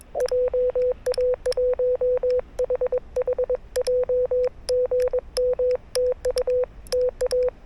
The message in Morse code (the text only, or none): JA1HHJ GM TU TA